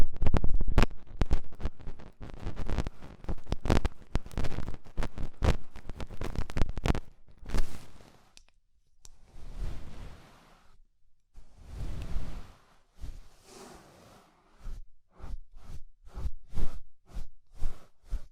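Ear cleaning with rhinestone and clay removal: dense rapid crackly clicking for seven seconds, then scratchy rustling bursts with pauses, ending in regular taps.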